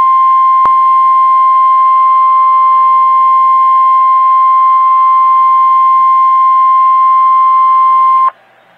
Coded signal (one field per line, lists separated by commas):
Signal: Emergency Alert System (SAME) tones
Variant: 1050 Hz attention tone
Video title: REAL EAS 1131-SVR